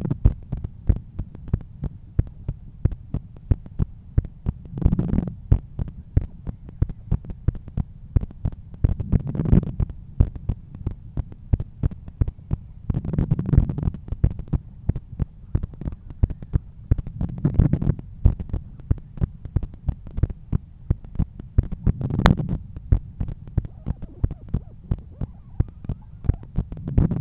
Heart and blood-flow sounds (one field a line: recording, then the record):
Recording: heart sounds by stethoscope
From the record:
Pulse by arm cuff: 90 bpm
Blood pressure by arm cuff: 131/86 mmHg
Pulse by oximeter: 91 bpm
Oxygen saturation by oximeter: 95%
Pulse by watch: 91 bpm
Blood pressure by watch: 127/81 mmHg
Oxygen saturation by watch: 97%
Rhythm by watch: sinus rhythm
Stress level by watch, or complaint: low stress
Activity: after 5 min smoking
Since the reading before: plus 1000 steps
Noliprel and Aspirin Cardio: after pills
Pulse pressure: 45 mmHg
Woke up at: 7:20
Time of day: 9:22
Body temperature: 36.4 C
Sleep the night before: 8 h 11 min, score 61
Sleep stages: REM 22%, light 68%, deep 3%, awake 7%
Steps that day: 9500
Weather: sunny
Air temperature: 18.9 C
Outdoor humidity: 80%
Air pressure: 1015 hPa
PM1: 10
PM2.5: 14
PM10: 15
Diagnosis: hypertension, treated with Noliprel and Aspirin Cardio 100 mg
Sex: male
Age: 53 years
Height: 174 cm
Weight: 81 kg